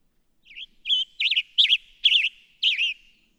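Western tanager delivering six burry, rising-and-falling phrases at an even pace, each slightly rough and throaty, in otherwise quiet surroundings.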